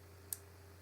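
The fire-button locking ring on a metal vape mod tube gets a small twist of less than a quarter turn. A single short, bright click at 0.3 s stands out over a steady low hum. The ring clicks into its detent position and is seated.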